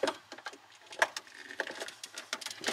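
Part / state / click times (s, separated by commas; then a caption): ice maker wiring harness plug into the freezer wall socket / seated / 1.0 s. The plastic wiring harness connector of a Frigidaire IM117000 ice maker is plugged back into its socket in the freezer wall, with light handling clicks and rustles around it. A sharp snap at 1.0 s marks the connector seating in place.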